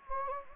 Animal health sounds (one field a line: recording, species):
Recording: mosquito wingbeat signal from an infrared sensor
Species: Anopheles gambiae